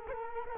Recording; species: mosquito wingbeat signal from an infrared sensor; Culex quinquefasciatus